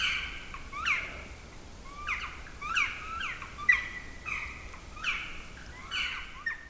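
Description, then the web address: Black woodpecker giving loud, strident calls with sliding pitch, spaced unevenly, against a quiet background. "agykontroll Madardalok Cd 1. Fekete harkály"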